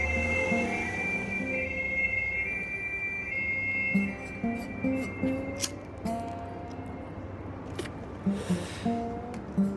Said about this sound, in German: Zug.